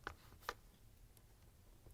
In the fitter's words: have to push down on them and lock them in.